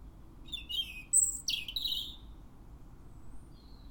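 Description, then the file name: European robin song: one brief phrase of high, thin notes that jump in pitch, then quiet with a faint low hum. "Erithacus rubecula"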